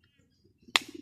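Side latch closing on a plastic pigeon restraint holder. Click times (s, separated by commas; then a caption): 0.8 s. A side latch on a plastic pigeon restraint holder, holding a pigeon that has been placed in it and turned over, is locked shut with a sharp, loud click at 0.8 s. Faint low rustling comes before it, and a brief ringing tail with some low sound follows. The holder's two side latches are locked, so the bird cannot move anywhere.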